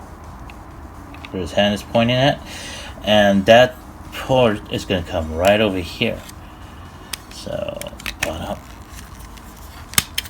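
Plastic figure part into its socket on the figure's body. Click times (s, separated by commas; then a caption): 10.0 s, 10.2 s. A plastic part with a hose and port on a plastic transforming robot figure is pushed into its socket on the figure's body during transformation. Someone talks, then after a few small handling sounds there are two sharp clicks at 10.0 and 10.2 seconds as the part snaps into place and seats.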